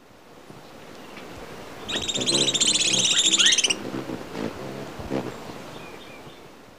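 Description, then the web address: Booted Racket-tail giving a short burst of buzzy, rapidly pulsed high notes lasting about two seconds, with soft background noise around it. Recorded in Ecuador. "Birds of Ecuador. Booted Racket-tail"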